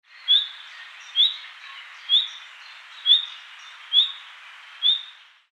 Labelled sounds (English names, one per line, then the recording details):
Common Nightingale
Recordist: Tembrock, Günter
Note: Warnrufe